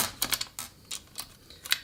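The folding frame clamp lever on the frame hinge of a 2023 Windgoo E20 folding e-bike is pulled up to open the latch, then pushed back into place, with a series of sharp clicks and rattles at about 0.2, 0.3, 0.4, 0.6 and 1.2 seconds. A final, loudest sharp click at 1.7 seconds is the lock engaging, and the frame clamp is secured.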